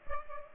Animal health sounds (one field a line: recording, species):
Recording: mosquito wingbeat signal from an infrared sensor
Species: Culex pipiens